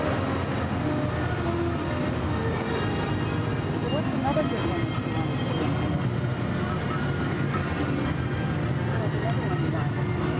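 Theme park crowd sound: a dense, steady wash of many overlapping voices with no single speaker standing out. A constant low rumble runs underneath, like vehicles or ride machinery, and the overall loudness stays even for the full ten seconds.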